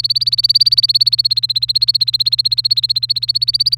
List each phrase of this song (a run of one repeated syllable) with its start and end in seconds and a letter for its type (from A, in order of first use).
0.00-3.77 A